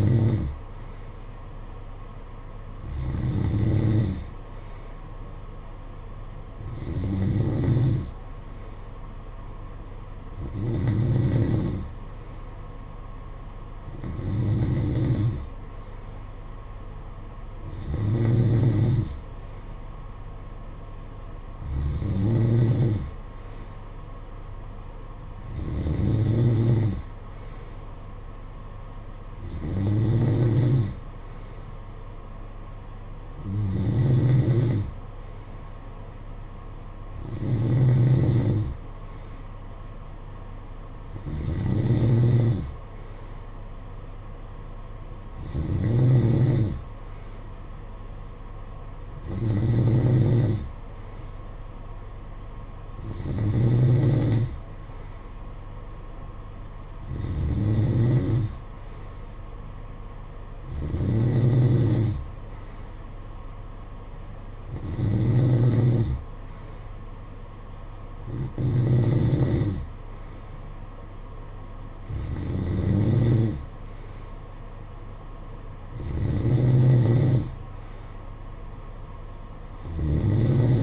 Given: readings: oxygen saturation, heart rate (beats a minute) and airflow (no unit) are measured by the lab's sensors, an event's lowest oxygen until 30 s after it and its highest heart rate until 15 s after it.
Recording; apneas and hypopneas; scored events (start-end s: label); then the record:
breathing in sleep by a smartphone at the bedside; none
none scored
From the record:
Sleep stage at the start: N2 (light sleep); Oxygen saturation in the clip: 91 to 92%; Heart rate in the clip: 54 to 60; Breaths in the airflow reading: 21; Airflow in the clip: -8.3 to 5.8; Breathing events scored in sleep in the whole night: 476 in 9.7 hours asleep